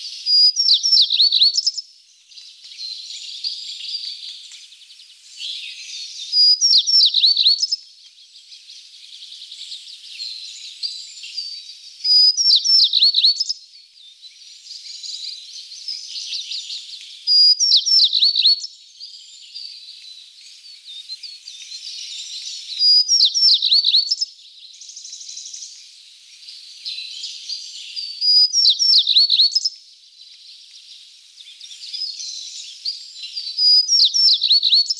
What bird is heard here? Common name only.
Tristram's Bunting